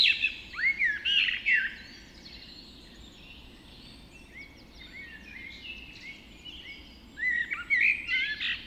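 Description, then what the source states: Birds (dawn chorus): birds singing at dawn, loud bright whistled phrases at the start and end, with a quieter stretch of chirping in the middle. Dawn chorus recorded just after dawn in the Forest of Dean.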